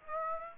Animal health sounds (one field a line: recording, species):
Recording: mosquito wingbeat signal from an infrared sensor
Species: Aedes aegypti